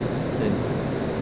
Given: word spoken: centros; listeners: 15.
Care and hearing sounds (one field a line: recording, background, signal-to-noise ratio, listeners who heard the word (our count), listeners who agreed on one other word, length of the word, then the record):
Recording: one Spanish word in noise, from a listening test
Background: speech-shaped noise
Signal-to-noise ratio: -7.0 dB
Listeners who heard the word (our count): 0 of 15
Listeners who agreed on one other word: 9 of 15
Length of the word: 0.82 s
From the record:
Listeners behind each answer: 9, 1, 1, 1, 1, 1, 1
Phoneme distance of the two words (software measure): 7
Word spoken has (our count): 2 syllables, 7 phonemes, stress on syllable 1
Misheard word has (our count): 2 syllables, 6 phonemes, stress on syllable 1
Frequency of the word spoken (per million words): 98.82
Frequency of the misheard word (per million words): 297.95